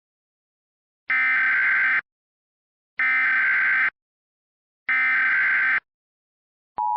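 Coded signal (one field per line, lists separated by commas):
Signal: Emergency Alert System (SAME) tones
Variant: header bursts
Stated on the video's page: Fictional EAS scenario, not a real alert.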